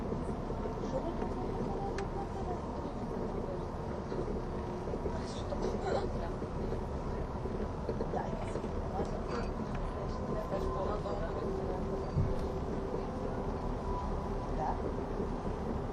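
An ETR610 tilting EuroCity train runs with a steady low rumble and hum, faint ticks and clicks, and murmured speech in the background.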